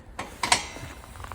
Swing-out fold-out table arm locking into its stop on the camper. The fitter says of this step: and we swing it out and it locks into place so